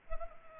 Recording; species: mosquito wingbeat signal from an infrared sensor; Culex pipiens